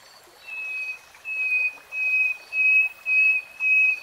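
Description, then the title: Nightingale song: a series of pure, steady whistled notes repeated about every half second, evenly spaced, with soft background noise. Nightingale singing in real time. "Tiếng chim hót Nightingale Singing"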